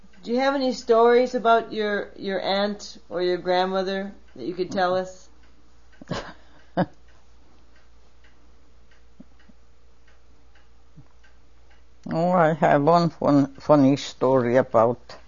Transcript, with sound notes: Do you have any stories about your aunt or your grandmother that you can tell us?
(chuckles) Oh I have one fun-funny story about